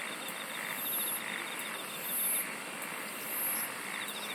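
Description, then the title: Dense insect chorus: quick ticking trill throughout, bright buzzy bursts about every 1.2 seconds, and soft swelling waves of sound. "SINGING OF INSECTS"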